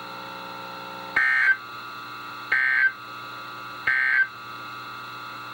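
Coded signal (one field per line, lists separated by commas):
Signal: Emergency Alert System (SAME) tones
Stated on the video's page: Special marine and severe thunderstorm warnings from NOAA weather radio stations, received on a new radio.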